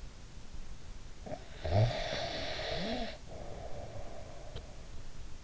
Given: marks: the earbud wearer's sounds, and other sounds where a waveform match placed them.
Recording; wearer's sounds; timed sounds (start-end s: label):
sounds in sleep by an in-ear microphone; snoring breath
1.20-4.73 s: snoring breath